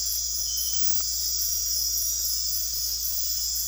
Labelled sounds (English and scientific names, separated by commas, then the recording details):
none
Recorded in dense forest near Puerto Asís, Putumayo, Colombia, on 9 March 2025 at 23:30
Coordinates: 0.503, -76.323
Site GP09